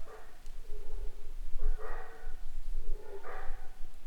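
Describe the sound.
Howler monkeys giving rough, gruff roaring bursts with harmonics, repeated roughly every one and a half seconds, over low background rumble.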